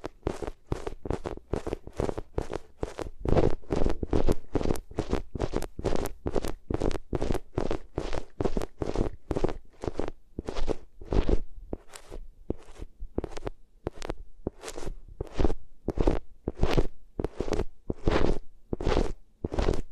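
Ears being rubbed against different materials, heard as a steady run of short, scratchy strokes about two per second with no gaps longer than a moment. Each stroke is a dense rustling crunch with a low thump underneath, fairly even in loudness throughout.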